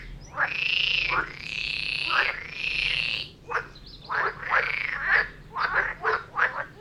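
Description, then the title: Frog chorus with long croaks of about a second, followed by a run of quicker, shorter croaks. Frog chorus recorded near Vellerner Brook in Neubeckum at 2pm; binaural recording meant for headphones. "Frog concert near Vellerner Brook in Neubeckum - 2pm - binaural version"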